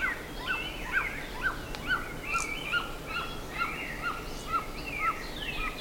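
Bird repeating brief downslurred notes about twice a second, alongside higher warbling and twittering and a single click.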